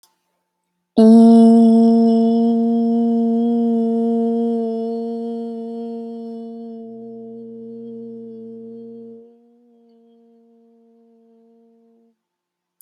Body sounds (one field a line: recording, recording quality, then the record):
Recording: sustained vowel as in beet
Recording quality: excellent, no background noise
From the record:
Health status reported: healthy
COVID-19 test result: not tested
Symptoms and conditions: none ticked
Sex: female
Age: 30 years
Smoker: not ticked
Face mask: not worn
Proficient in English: yes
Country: United States